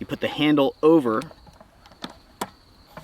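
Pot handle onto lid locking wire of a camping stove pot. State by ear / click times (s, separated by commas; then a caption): seated / 2.4 s. Someone talks as the folding handle of a camping stove pot is swung over the lid onto a small wire with a ball end that locks the lid and pot together. A few faint taps follow, then a sharp click at 2.4 s as the handle snaps onto the wire and locks into place.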